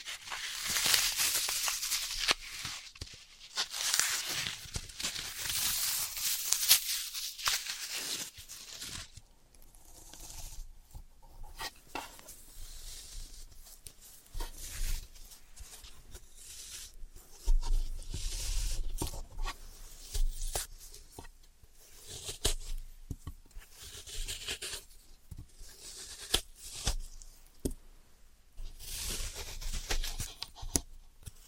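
Floral foam being tapped, cut and crushed, with dense crackling and scratchy tearing in the first ten seconds. After that the sounds turn softer and more broken up: irregular taps, squelchy presses and short crunches every second or so, with brief quiet gaps between them.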